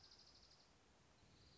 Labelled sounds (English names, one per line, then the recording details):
Dark-eyed Junco
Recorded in Sonoma County, California